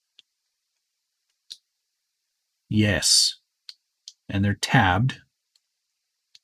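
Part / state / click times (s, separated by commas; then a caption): plastic light housing into RC truck body shell / seated / 6.3 s. A tabbed plastic light housing from a Pro Scale light kit is pushed into the plastic body shell of a TRX4 2021 Bronco RC truck. Someone talks between a few faint, sharp clicks, and the housing snaps into place with a click at 6.4 s. The housing is confirmed seated.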